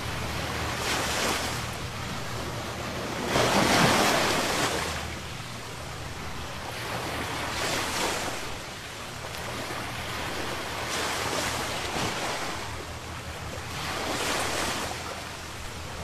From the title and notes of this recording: Relaxing Sea Wave Sound.